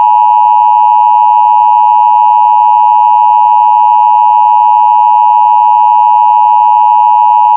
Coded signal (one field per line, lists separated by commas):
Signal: Emergency Alert System (SAME) tones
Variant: 853 and 960 Hz attention tone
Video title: EAS Scenario #5: The Fog Is Coming... [Remastered]